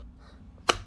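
A plastic trim piece on the steering column cover of a 2007 Lexus IS350, near the cruise control stalk, is fitted starting from the dash side and pushed in during a clockspring install. After a quiet stretch, one sharp, loud click at 0.7 s marks the piece seating into place.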